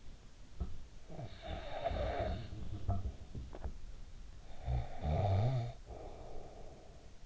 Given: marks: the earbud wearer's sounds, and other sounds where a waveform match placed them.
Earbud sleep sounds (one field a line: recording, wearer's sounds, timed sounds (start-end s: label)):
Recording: sounds in sleep by an in-ear microphone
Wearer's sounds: snoring breath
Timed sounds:
0.38-2.98 s: snoring breath
4.32-7.26 s: snoring breath